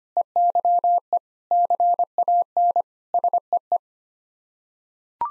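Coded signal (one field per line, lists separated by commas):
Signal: Morse code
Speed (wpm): 25 wpm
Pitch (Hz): 700 Hz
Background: none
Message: EYE CAN SEE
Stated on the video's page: Sets of seven common English words sent in Morse at 25 wpm, repeated after speaking; head-copy drill.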